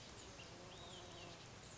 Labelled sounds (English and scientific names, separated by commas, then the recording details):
Olive-sided Flycatcher (Contopus cooperi)
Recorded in Sonoma County, California